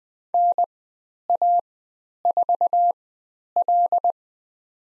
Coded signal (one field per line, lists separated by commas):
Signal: Morse code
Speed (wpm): 20 wpm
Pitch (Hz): 700 Hz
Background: none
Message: NA4L